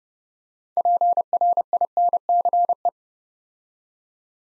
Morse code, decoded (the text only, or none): PRINCE